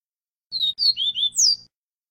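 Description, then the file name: Double-collared seedeater gives a brisk phrase of high whistled notes, several slurring downward, the last one higher and falling; faint low hum beneath. Song in the style called viviti. "Canto do papa capim viviti"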